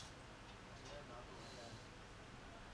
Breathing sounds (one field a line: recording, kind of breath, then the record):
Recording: one breath in and out by a microphone near the nose and mouth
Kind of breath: normal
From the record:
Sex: male